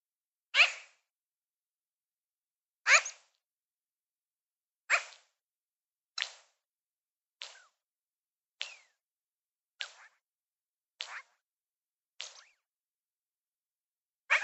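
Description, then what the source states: Magpie giving single, dry, rasping notes about every one to two seconds, loud at first and gradually softer, then loud again on the last, each call brief and scratchy, with silence between them. Chirping.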